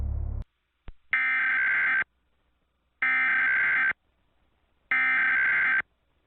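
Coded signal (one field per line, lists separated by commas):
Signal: Emergency Alert System (SAME) tones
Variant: header bursts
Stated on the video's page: Fictional EAS scenario of a missile attack, not for over-the-air play.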